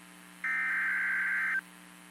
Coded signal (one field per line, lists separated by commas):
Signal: Emergency Alert System (SAME) tones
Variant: header bursts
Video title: Severe Thunderstorm Warning Texas Noaa Weather Radio Station WXK 38 Amarillo TX 8/25/26